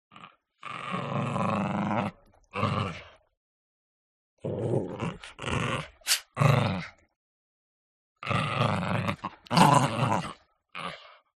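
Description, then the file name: Chihuahua snarling in several gritty, rasping growl bursts separated by short pauses. Chihuahua snarling during a fight. "smartsound ANIMAL DOG Chihuahua"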